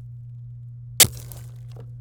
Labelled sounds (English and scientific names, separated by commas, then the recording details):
Domestic Canary (Serinus canaria) song
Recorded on 26 April 2018 at 13:45
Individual llb3